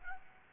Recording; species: mosquito wingbeat signal from an infrared sensor; Aedes albopictus